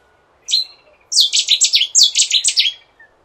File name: cettiswarbler